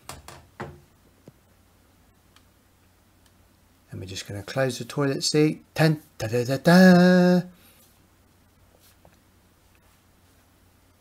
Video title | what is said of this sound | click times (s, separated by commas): How to fit a Wickes Thermoset round Toilet Seat Soft Close - Toilet Seat Installation Under 15mins | il se clipse juste en place et | 0.1 s, 0.3 s, 0.6 s